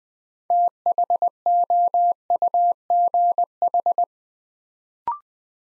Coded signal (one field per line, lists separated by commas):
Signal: Morse code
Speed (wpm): 20 wpm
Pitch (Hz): 700 Hz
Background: none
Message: THOUGH